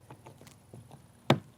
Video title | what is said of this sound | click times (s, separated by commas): Transport de chien : la cage homologuée pour l'avion | Vous insérez les petites roues ici. Ça se clipse. | 1.3 s